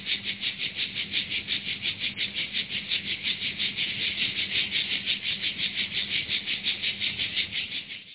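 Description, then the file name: Cicada song, a continuous rasping buzz pulsing steadily at roughly three beats per second, fading slightly at the very end. Recorded 5 August 2015. "20150805 Cigales"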